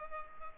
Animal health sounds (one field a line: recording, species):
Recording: mosquito wingbeat signal from an infrared sensor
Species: Culex pipiens